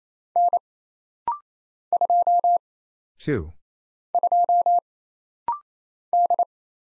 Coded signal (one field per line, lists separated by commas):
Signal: Morse code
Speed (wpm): 27 wpm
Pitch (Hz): 700 Hz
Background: none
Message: N 2 2 D